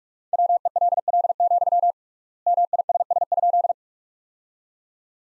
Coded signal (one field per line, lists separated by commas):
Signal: Morse code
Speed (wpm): 46 wpm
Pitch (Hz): 700 Hz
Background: none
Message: WELL, MISS?